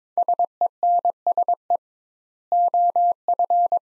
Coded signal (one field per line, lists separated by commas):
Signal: Morse code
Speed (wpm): 22 wpm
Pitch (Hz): 700 Hz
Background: none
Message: SENSE OF